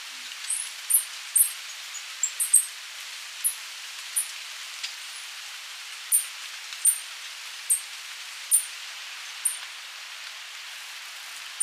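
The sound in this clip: Buff-tailed coronet giving thin, very high chips, single or in quick pairs, spaced irregularly about every half second to a second and a half over a steady hiss.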